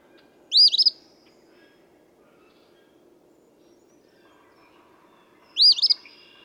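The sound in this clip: Eastern phoebe giving two scratchy fee-bee song phrases about five seconds apart, with a quiet, steady background between them.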